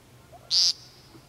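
Woodcock giving a single loud, high, buzzy nasal note lasting about a quarter second, surrounded by quiet background.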